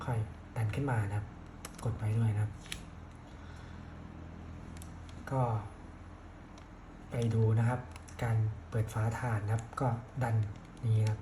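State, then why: Seated. A Fujifilm FinePix 500 digital camera's memory card compartment door is slid back up and pressed down after the card is inserted, and it latches closed with a short click at 4.8 s. Someone talks before and after the click.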